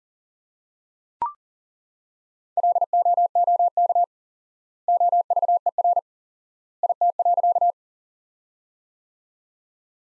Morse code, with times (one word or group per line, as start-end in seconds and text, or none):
2.6-4.0 LOOK
4.9-6.0 OVER
6.8-7.7 IT.